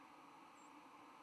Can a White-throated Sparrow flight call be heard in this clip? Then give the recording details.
no. Another species' flight call is heard. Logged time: 07:00 on 10 November 2014